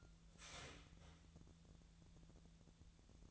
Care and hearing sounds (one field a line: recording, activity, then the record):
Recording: daily activity, microphone in the room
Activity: start toaster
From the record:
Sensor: 3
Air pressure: 1000.2 hPa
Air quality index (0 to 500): 159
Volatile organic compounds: 3 ppm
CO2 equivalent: 1401 ppm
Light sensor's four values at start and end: 33/85/36/38 and 33/85/35/38